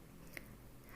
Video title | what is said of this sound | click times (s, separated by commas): Foldable Rack for Kitchen/Just 166 Rs Only/Amazon Shopping Haul/Honest Product Review | நல்லா வந்து lock இப்படி press மட்டும் பண்ணா போதும் உங்களுக்கு லாக் ஆயிருது | 0.4 s